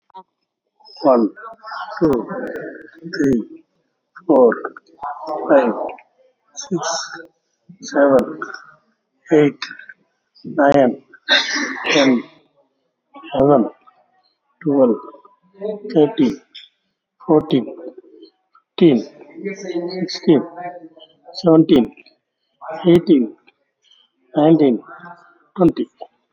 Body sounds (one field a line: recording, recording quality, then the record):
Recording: counting at a normal pace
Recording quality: excellent, no background noise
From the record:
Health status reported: exposed to COVID-19, no respiratory illness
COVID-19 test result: negative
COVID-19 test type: RT-PCR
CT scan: taken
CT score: 5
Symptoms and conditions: cough, cold, breathing difficulty, fever, hypertension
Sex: male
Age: 60 years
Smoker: no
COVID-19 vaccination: both doses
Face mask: not worn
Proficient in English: no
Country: India